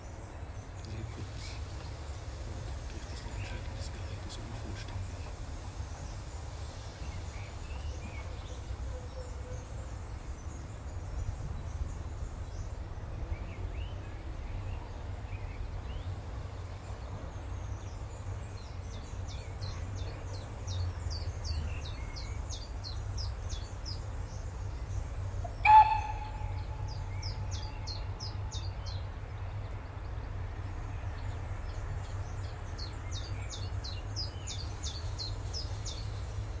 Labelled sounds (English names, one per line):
Willow Warbler